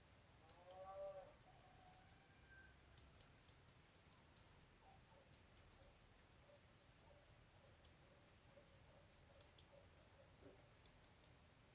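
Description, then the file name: European robin giving rapid bursts of high, dry ticking calls, often in runs of three or four, many repeats throughout with brief quiet gaps. "Erithacus rubecula"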